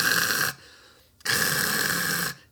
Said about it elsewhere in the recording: That was actually what I sound like when I snore.